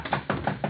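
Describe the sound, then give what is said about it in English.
Four quick knocks on a third-floor hotel room door, the frog's room, in an even rhythm, each a dull, hollow rap of moderate loudness, with no voices. “Oh, heavens, he's making so much noise he can't even hear my knock.”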